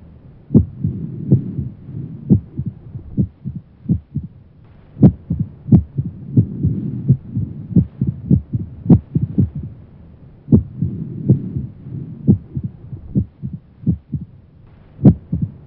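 Heart sounds of an adult with atrial fibrillation, heard through a stethoscope: irregularly spaced, unevenly loud beats over a low background rumble.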